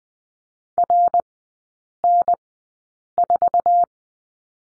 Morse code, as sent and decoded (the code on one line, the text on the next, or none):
.-. -. ....-
RN4